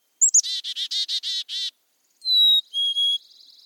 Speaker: Just hearing the sound of a chickadee makes me want to dash out into the snow and seek that sound out in real life.